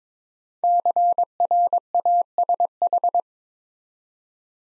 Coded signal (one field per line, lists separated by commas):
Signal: Morse code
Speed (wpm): 22 wpm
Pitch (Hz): 700 Hz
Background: none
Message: CRASH